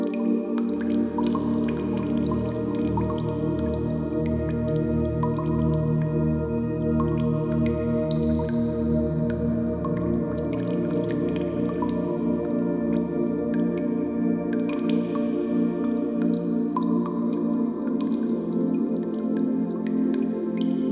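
Water drips fall in a cave, scattered sharp plinks landing irregularly every second or so over a dense, steady low rumble. The drone stays constant throughout, with ringing tones hanging in the background as if echoing in an enclosed space.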